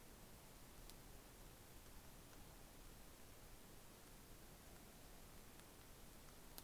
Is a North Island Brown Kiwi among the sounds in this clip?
no